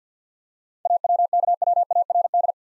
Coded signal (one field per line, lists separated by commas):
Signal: Morse code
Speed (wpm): 52 wpm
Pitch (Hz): 700 Hz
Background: none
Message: AWKWARD